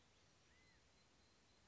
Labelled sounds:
California Quail
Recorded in Sonoma County, California

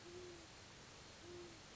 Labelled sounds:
Great Horned Owl
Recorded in Sonoma County, California

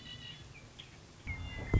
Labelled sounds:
Red-winged Blackbird
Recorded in Sonoma County, California

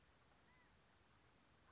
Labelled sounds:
California Quail
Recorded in Sonoma County, California

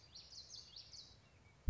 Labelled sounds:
Common Yellowthroat
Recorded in Sonoma County, California

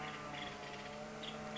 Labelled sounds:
Nuttall's Woodpecker
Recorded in Sonoma County, California

